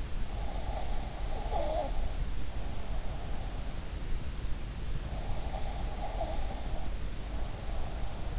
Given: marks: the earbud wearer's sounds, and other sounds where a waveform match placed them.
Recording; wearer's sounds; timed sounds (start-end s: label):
sounds in sleep by an in-ear microphone; breath
0.45-3.64 s: breath
5.43-8.39 s: breath